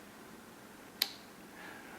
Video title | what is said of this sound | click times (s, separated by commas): Master Your Panoramas: The Nodal Point Explained | And you can hear it lock | 1.0 s